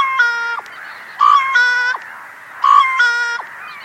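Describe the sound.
Bird giving harsh, nasal harmonic calls, each ending in a quick downward slur, three calls spaced over about four seconds, over a steady background hiss.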